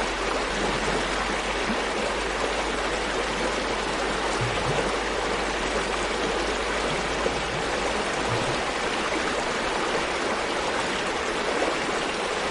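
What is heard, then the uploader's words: A small waterfall pours steadily, its dense hiss of falling water filling the scene from low to bright with almost no change in level. Bubbling gurgles and splashes run throughout, with a few faint low thumps around the middle. The soothing sounds of a small waterfall and bubbling water. The gentle cascade of water creates a harmonious symphony of peacefulness. Tranquil Waterfall and Bubbling Water Sounds.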